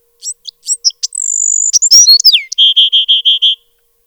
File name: bewicks wren